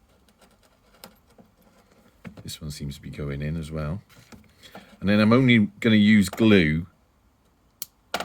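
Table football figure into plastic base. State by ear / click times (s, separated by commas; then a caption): seated / 7.8 s, 8.1 s. A restored table football player figure is pushed onto its new plastic base on the bar. Someone talks, then two sharp clicks at 7.8 s and 8.1 s are heard as the figure snaps into the base and is seated.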